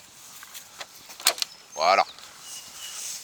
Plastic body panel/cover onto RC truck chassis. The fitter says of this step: elle se clipse parfaitement, il y a aucun problème.